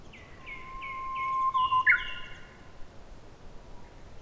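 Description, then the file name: Common nightingale song: a low pure whistle held under a series of repeated higher notes, with a loud sharp burst. "nightingale 2019 dec robert knoth und antoinette de jong"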